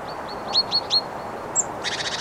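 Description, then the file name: Great tit calls: a series of short, sharp high notes, then a harsh, buzzy churring burst at the end, with a steady low background hiss. "Parus major"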